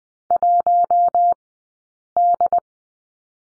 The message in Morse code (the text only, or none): 1D